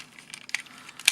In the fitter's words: Slot that in so it clicks into place,